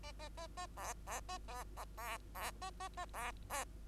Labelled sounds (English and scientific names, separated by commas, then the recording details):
Bengalese Finch (Lonchura striata domestica) song
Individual Bird2